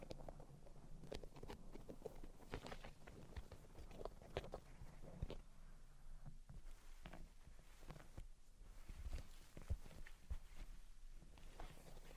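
Tapping and scratching sounds come in irregular bursts, with short sharp taps scattered throughout and busier clusters around the second and fourth seconds. Softer rubbing and tracing textures fill the gaps, quieter in the middle, with a few crisp taps near the end.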